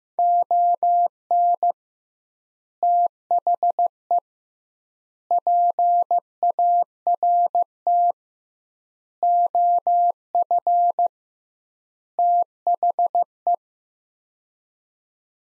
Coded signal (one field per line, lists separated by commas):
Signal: Morse code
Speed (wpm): 15 wpm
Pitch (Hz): 700 Hz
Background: none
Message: ON THE PART OF THE